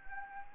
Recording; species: mosquito wingbeat signal from an infrared sensor; Anopheles arabiensis